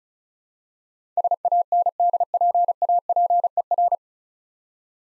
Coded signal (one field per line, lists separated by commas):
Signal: Morse code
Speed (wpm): 36 wpm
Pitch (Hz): 700 Hz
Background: none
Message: SANDPAPER